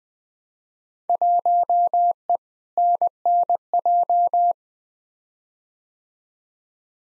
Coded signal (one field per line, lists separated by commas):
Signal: Morse code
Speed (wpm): 20 wpm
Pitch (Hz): 700 Hz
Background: none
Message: 1E NNJ